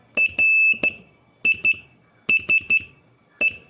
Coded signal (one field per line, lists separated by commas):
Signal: Morse code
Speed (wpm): 14 wpm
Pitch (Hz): 2650 Hz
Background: none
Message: RISE